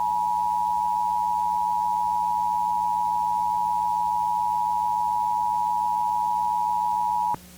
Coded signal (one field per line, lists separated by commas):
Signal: Emergency Alert System (SAME) tones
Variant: 853 and 960 Hz attention tone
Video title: EAS Scenario #4: World War III: Desperate Measures (Part 8)